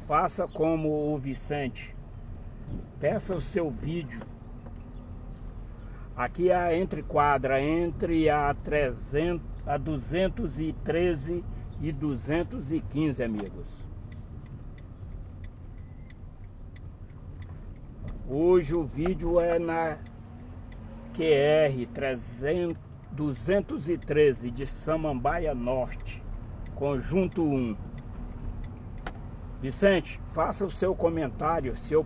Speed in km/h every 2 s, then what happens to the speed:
14, 16, 17, 17, 16, 15, 13, 10, 10, 11, 14, 12, 14, 16, 16, 15.
0-7 steady at about 16. 7-17 slows to 10. 17-32 steady at about 14.